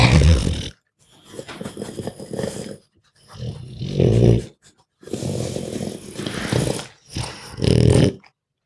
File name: Pug Dog Grunts Breaths Snarls